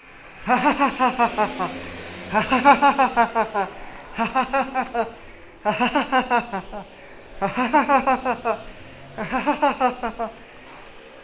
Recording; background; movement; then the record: laughter; traffic; walking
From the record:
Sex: male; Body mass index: 20.6 kg/m2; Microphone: on the chest, facing the body